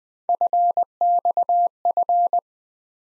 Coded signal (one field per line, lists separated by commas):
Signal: Morse code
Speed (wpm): 20 wpm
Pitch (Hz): 700 Hz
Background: none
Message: FXF